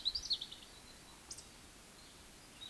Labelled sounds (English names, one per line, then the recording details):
Eurasian Woodcock whistle
Eurasian Woodcock croak
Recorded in Baden-Württemberg, Germany, on 31 May 2021 at 19:40 UTC
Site 20675, 466 m above sea level